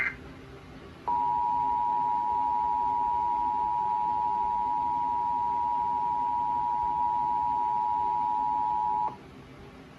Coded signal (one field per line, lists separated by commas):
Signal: Emergency Alert System (SAME) tones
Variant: 853 and 960 Hz attention tone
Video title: (EAS #8) (Suddenlink / Altice) WV Statewide Tornado Drill (3/22/2022)